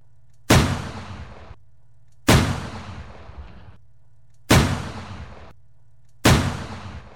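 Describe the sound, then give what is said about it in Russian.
Four loud, sharp shots from a Mauser pistol, fired toward the enemy, ring out at steady intervals of about two seconds, each cracking sharply and then fading out over roughly a second, with a low hum underneath and no talking. “Чуть выше кочки поднял другой маузер, пистолет.”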